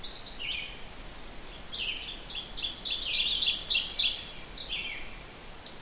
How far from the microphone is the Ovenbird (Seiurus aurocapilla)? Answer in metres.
about 5 m